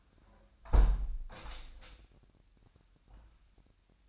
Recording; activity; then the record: daily activity, microphone in the room; close window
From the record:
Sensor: 2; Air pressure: 997.8 hPa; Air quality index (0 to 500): 130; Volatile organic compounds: 3 ppm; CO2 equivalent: 1469 ppm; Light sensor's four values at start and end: 11/31/13/12 and 11/32/13/12